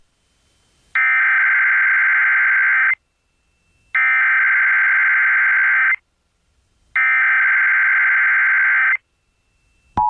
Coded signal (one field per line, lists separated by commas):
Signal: Emergency Alert System (SAME) tones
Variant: header bursts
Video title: Wisconsin State EAS Required Monthly Tests (September 1st, 2021)